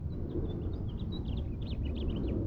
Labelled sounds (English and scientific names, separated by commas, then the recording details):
House Finch (Haemorhous mexicanus) song
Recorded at Hewlett Harbor on Long Island, New York, on 10 June 1975
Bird E